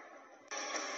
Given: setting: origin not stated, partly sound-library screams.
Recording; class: one-second piece from a danger detection set; woman in danger